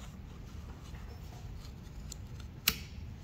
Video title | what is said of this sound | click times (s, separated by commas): Grinder Guard - Proper Installation | so that you should hear the clicking noise | 2.7 s